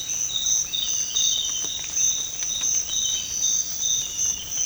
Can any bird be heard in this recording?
no